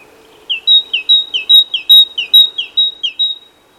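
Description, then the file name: Great tit delivering one clear series of about eight quick rising-then-high note pairs, evenly spaced, sharp and ringing, fading out at the end. "Parus major"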